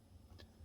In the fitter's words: and push it back through until it clicks